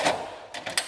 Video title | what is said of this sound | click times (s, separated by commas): Amish are Finished-- Prepping to Move into the Motorhome -- Polebarn Homebase | And that'll lock that depth in place. | 0.8 s